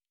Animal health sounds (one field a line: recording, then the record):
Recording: hydrophone in a shrimp aquaculture tank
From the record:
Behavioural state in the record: normal